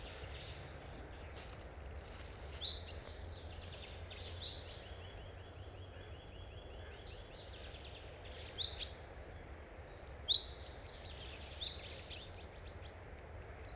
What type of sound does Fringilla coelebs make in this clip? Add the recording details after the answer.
call. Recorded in the wild. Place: Düsseldorf, Nordrhein Westfalen, DE. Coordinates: 51.33, 6.77. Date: 1995-04-08. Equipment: Sony WM-D6C. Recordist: Skiba, Reinald. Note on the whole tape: Düsseldorf/Köln. "hoid pink pink"